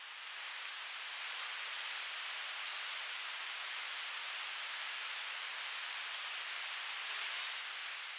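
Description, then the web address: Slaty-backed chat-tyrant singing a series of very high, sharp chipping notes in quick bursts, then a pause and two final notes, with faint hiss behind. Ecuador. "Birds of Ecuador. Slaty-backed Chat-Tyrant"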